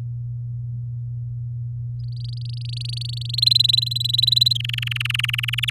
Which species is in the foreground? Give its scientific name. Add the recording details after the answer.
Serinus canaria. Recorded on 10 May 2018 at 17:11. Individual llb16